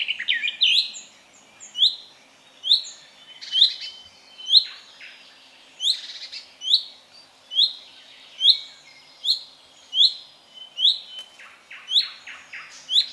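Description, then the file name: Common chaffinch calls: clear, bright high notes repeated about once a second, with occasional other chirps in between. "Fringilla coelebs"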